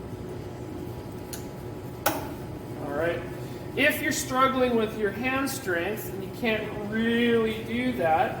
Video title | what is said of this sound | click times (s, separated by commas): 07 - Drill Press | that we can click it down lock it in place but the part doesn't move all | 2.1 s